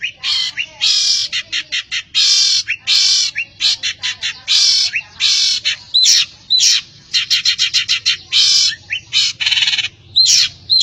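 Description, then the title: Long-tailed shrike delivering loud, rasping buzzy bursts mixed with quick clicking notes and brief whistles, in uneven runs with short gaps. "Cendet"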